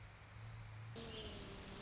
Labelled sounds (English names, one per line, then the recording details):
Orange-crowned Warbler
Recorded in Sonoma County, California